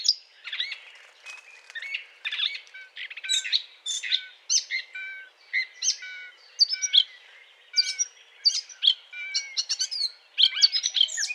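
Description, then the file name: Eurasian blackcap song: scratchy, rapid warbled phrases mixed with short clear whistled notes, repeated in short bursts. Courtship song; 20 April 2009. "fauvette A- t Aate noire chant de s A©duction"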